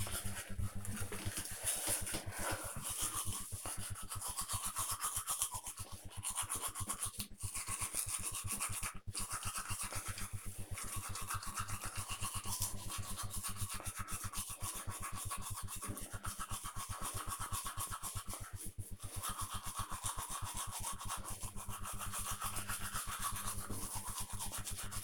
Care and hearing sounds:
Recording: household activities, microphone on the right wrist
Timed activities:
0.00-25.03 s: brushing teeth

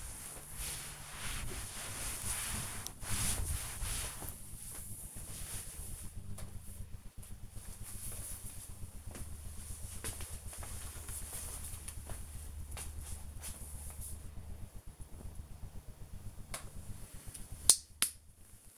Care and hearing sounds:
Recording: household activities, microphone on the right wrist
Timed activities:
0.00-6.20 s: cleaning table
16.28-18.78 s: disinfecting hands

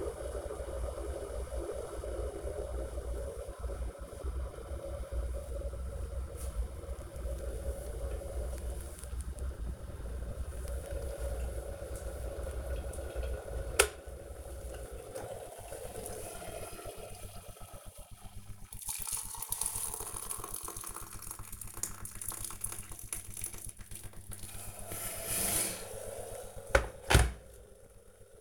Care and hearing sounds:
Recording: household activities, microphone on the right wrist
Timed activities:
0.00-28.41 s: making tea

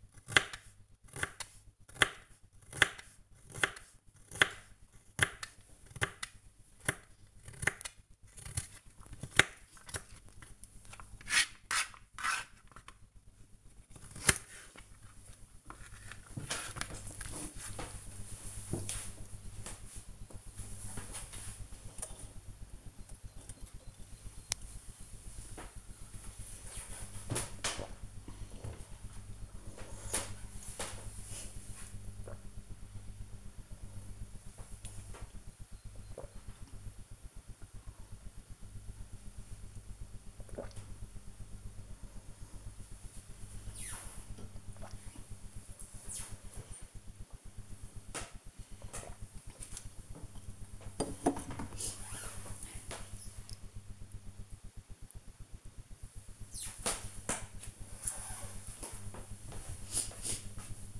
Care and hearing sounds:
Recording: household activities, microphone on the right wrist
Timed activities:
0.00-16.75 s: cutting vegetables
22.79-48.95 s: drinking

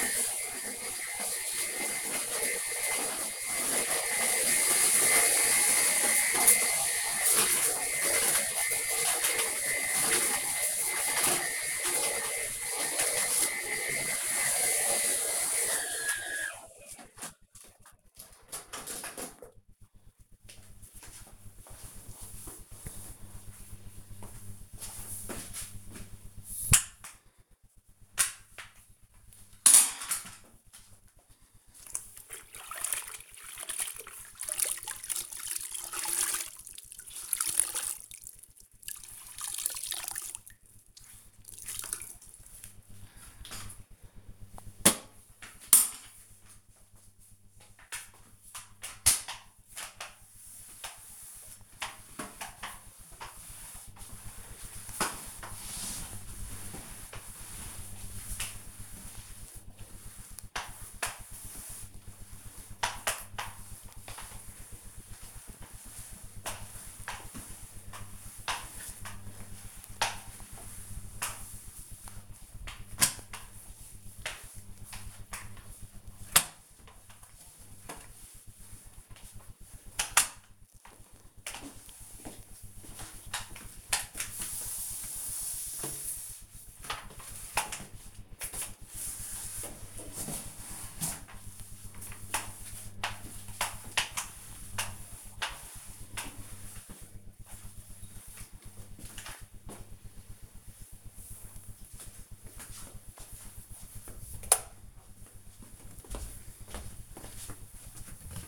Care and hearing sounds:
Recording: household activities, microphone on the right wrist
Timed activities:
0.00-15.86 s: vacuum cleaning
26.92-98.38 s: floor cleaning

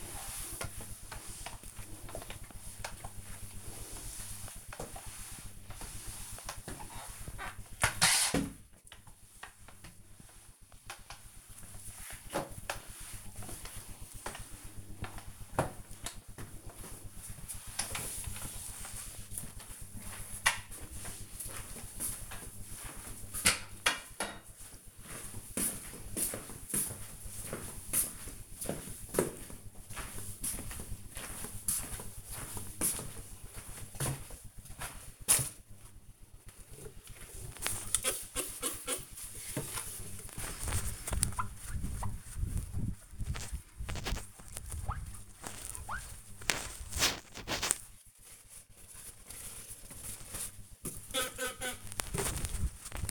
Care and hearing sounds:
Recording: household activities, microphone on the right wrist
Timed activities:
0.00-19.10 s: floor cleaning
37.24-53.11 s: window cleaning

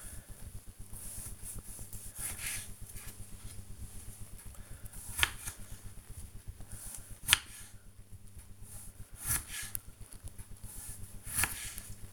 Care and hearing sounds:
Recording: household activities, microphone on the right wrist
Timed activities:
0.00-12.13 s: cutting vegetables

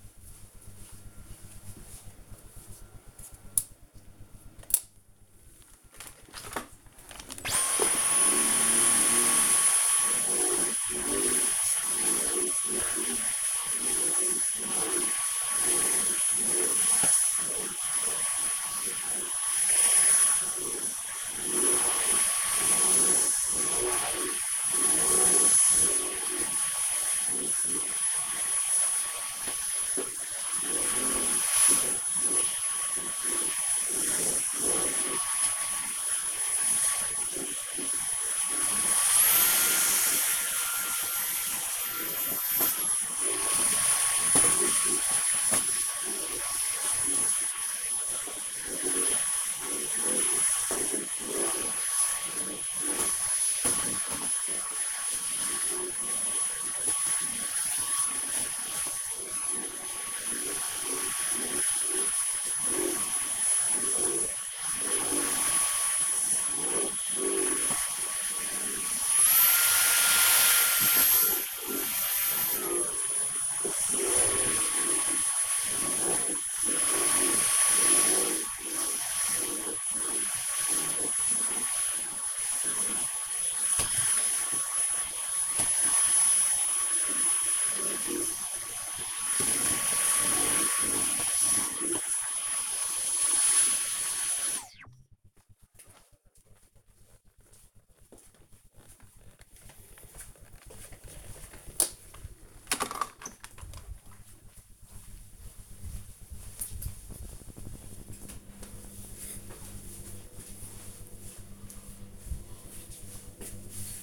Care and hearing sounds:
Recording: household activities, microphone on the right wrist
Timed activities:
3.83-93.42 s: vacuum cleaning

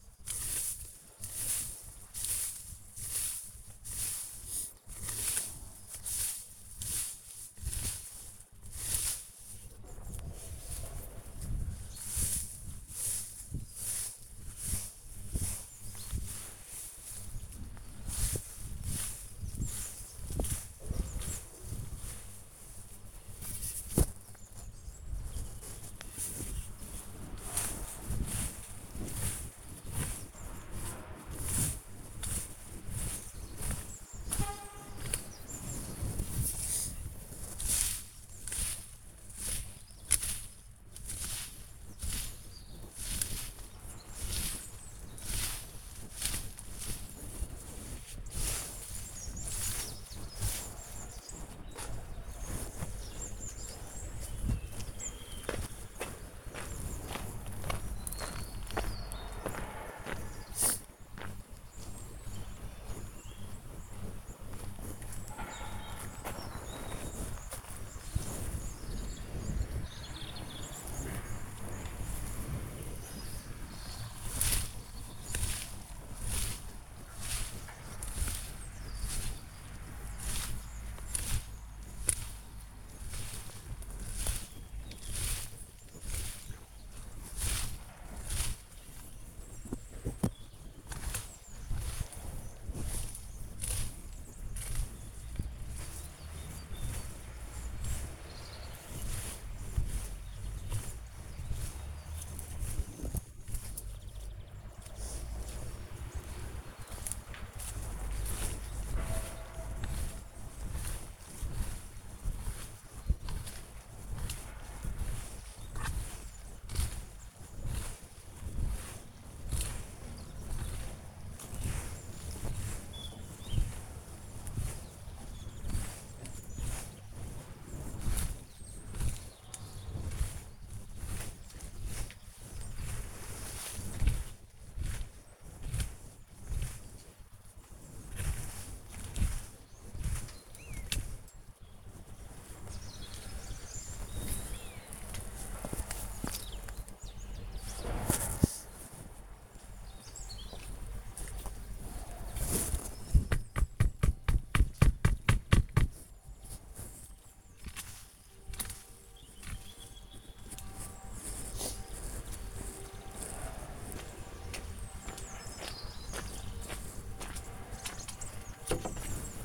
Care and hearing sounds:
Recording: household activities, microphone on the right wrist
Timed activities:
0.00-121.24 s: gardening with a rake
128.28-169.45 s: gardening with a rake

